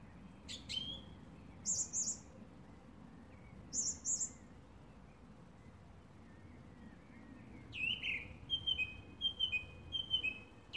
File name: Drozd pevchij - Zvuki pevchego drozda